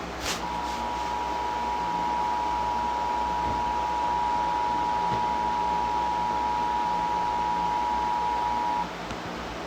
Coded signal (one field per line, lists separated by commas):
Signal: Emergency Alert System (SAME) tones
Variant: 853 and 960 Hz attention tone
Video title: EAS Scenario #2 Sonic EXE Rampage 60 Subscribers Special